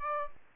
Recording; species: mosquito wingbeat signal from an infrared sensor; Aedes aegypti